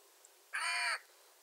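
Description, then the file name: Eurasian jay uttering a single harsh, hoarse screech lasting under half a second. "Garrulus glandarius"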